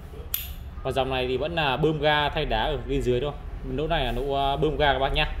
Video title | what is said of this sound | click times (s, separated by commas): Cách bơm ga thay đá dupont dễ hiểu, dễ làm ạ( 0913692783) | nghe tiếng cạch mà phát là được còn | 0.3 s